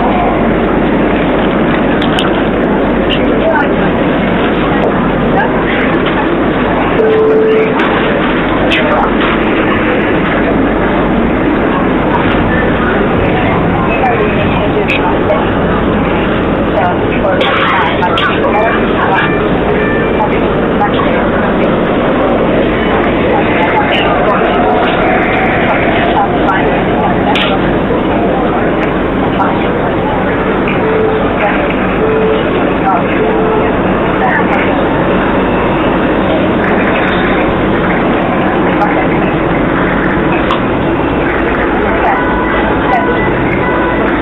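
A Helsinki Metro ride with a steady, dense low rumble throughout, faint voices mixed in, and a few brief high tones near 7 and 31 seconds.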